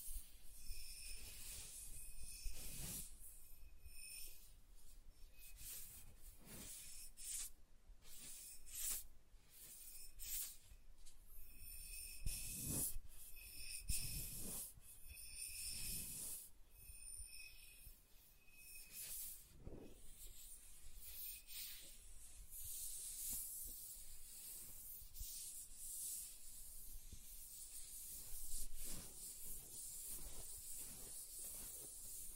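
Soft tracing moves over smooth and rough surfaces in a steady, breathy rubbing with a hissy top. Short brighter scratches and taps break in irregularly every second or two, and a faint repeating high tone sits beneath much of it.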